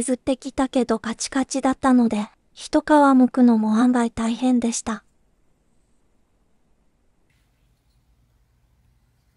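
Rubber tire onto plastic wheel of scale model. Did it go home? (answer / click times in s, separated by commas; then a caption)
no / none. Someone talks for about the first five seconds, then near silence follows, with only faint low noise and a brief quiet sound around 7.3 s. A hardened rubber tire is being pushed onto the plastic wheel of a Tamiya 1/20 scale Newman Haas Lola T93/00 Ford Indy 500 model car. Nothing has seated or clicked yet because the rubber is too hard for the wheel to go in.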